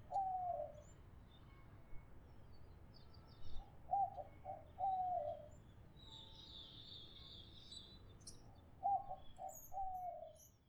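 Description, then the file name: White-winged dove giving soft rhythmic coos in short grouped phrases spaced several seconds apart, over a low hum with a brief buzzy insect-like sound midway. "zenaida asiatica"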